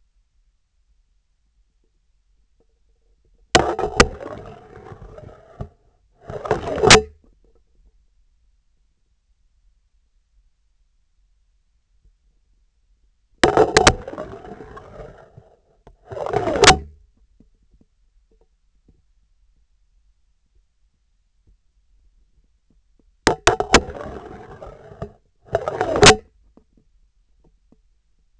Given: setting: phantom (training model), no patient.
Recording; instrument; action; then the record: laparoscopic instrument, vibration sensor on the handle end; scissors; insertion and removal through the trocar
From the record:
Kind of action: spatial motion